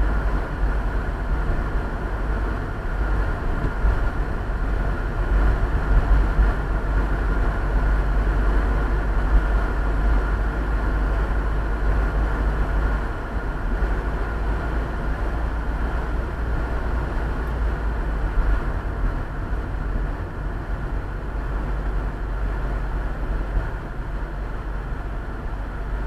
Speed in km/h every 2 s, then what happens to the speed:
38, 37, 37, 38, 39, 40, 41, 39, 36, 35, 33, 32, 24.
0-13 steady at about 38. 13-26 slows to 24.